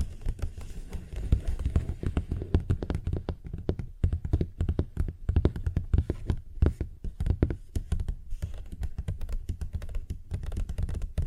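Fingers tap and scratch on a paper bag in quick, irregular bursts, dense clusters of dry clicks and crinkles with brief gaps. A low rumble runs underneath, and the taps stay sharp and bright throughout the eleven seconds, briefly thinning near the four-second mark.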